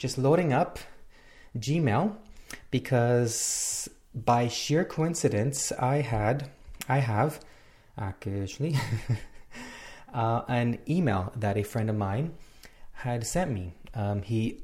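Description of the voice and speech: Adult man speaking conversationally, with prolonged sounds and a long silent block mid-phrase: signs of stuttering.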